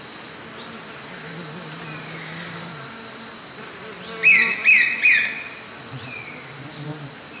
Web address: S America Eastern Lowlands Cnipodectes subbrunneus, call